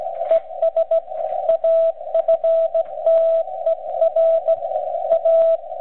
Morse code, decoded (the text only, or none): ES AFTER A